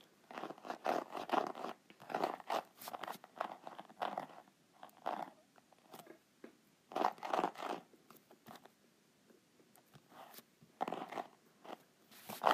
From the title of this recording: ASMR Groovy Note Pad